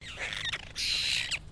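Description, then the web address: Apostlebird giving harsh, grating squawks, a shorter rasping note followed by a longer, scratchy, buzzing call, over a low background rumble. "Sound Effects-Foundation. BIRD APOSTLE BIRD CALL"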